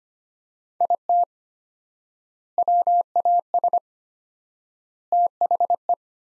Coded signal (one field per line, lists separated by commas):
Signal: Morse code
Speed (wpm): 25 wpm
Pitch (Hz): 700 Hz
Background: none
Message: IT WAS THE